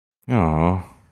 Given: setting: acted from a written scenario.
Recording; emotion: vocal sound without words; sympathy